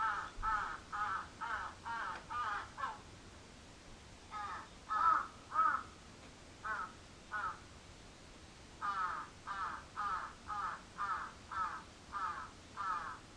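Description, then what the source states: Crow cawing in several fast runs of hoarse caws separated by short pauses. Recorded 14 July 2022 at 06:37.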